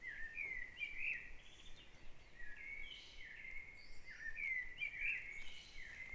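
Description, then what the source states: Bird singing short twittering phrases again and again. Dawn chorus at Back Dragon Avenue, Harrogate, part of the Sound Map of Harrogate.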